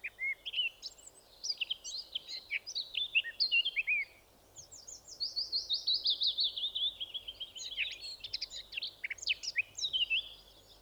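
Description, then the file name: Eurasian blackcap singing, a rapid, varied warble of high chattering and whistled notes in bursts, with a longer sweeping run midway and a short pause near four seconds. "Sylvia atricapilla"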